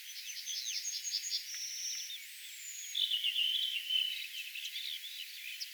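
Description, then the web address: Redwing song: a quick run of high, thin whistled notes, a long level whistle, a falling whistle, then a scratchy, chattering twitter that continues to the end. Singing in a particular manner, recorded 1 June 2025. "paivat 1 6 2025 tuolla tavoin laulava punakylkirastas"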